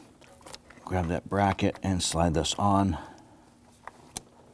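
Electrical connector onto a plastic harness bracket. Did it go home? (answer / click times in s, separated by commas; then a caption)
yes / 3.9 s, 4.2 s. Someone talks, then a plastic electrical connector is slid onto its small black plastic harness mounting bracket while replacing the intake variable valve timing solenoid on a 2010-2019 Ford Taurus 3.5L V6. Two short clicks are heard at 3.9 s and 4.2 s as the connector seats on the bracket.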